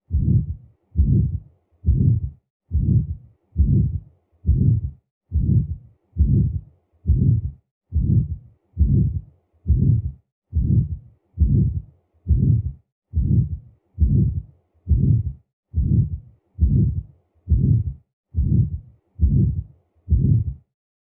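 A steady, regular heartbeat at about 70 beats a minute, each beat drawn out into a low, harsh, rumbling whoosh. It is the systolic ejection murmur of aortic stenosis, caused by blood forced through a narrowed aortic valve.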